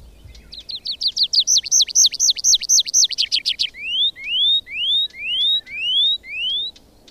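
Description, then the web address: Tree pipit song: a quick train of high slurred notes, then six drawn-out rising notes. "agykontroll Madardalok Cd 2. Erdei pityer"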